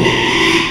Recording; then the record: squeal of a Yucatan mini pig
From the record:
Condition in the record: after surgery on the right vocal fold (resection and tissue-engineered implant); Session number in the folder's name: 1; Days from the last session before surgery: 6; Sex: male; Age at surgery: 12 weeks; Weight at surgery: 13 kg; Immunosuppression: cyclosporine, prednisolone